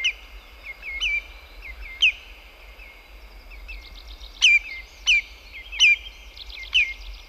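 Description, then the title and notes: Common Greenshank calls: loud ringing whistled notes repeated at uneven intervals, each standing out sharply, with softer fast notes between them. "Valkoviklo. Pertti Koskimies"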